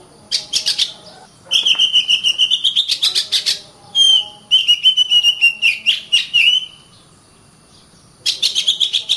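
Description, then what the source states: Oriental magpie-robin song: rapid series of sharp repeated chirps alternating with long whistled notes that rise and fall, separated by short silences. Kacer master song used for training birds.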